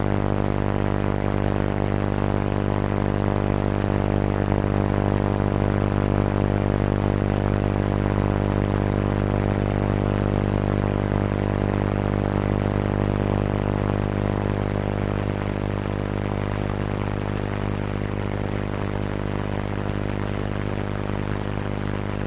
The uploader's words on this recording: This episode of the White Noise Podcast is RADIO INTERFERENCE.